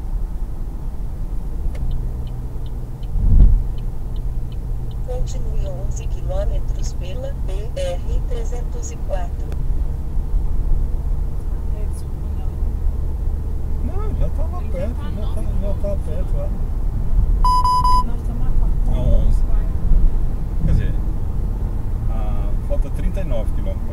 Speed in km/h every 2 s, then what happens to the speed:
75, 76, 81, 85, 86, 89, 94, 98, 101, 102, 101, 98.
0-17 speeds up to 102. 17-24 steady at about 101.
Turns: none.